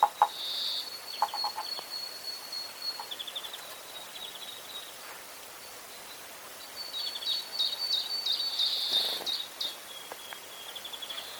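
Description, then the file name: Eurasian blue tit giving high, thin trilled and buzzy notes in two long bursts, with a few faint lower clicks. "Cyanistes caeruleus"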